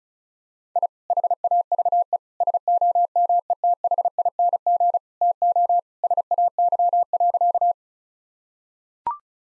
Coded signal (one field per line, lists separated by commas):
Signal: Morse code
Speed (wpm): 36 wpm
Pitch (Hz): 700 Hz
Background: none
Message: I HAVE SOMETHING TO SAY.